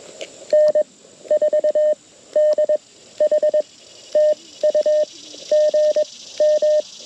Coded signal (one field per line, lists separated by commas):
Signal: Morse code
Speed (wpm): 21 wpm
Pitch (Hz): 610 Hz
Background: none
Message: N 4 D H T U G M